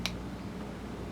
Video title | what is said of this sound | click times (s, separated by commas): GPS Tracker Device - SinoTrack 3G ( Apps Support ) | in until you heard a 'click' sound Click sound means card inserted correctly now is good to | 0.1 s